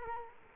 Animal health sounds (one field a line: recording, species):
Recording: mosquito wingbeat signal from an infrared sensor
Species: Culex quinquefasciatus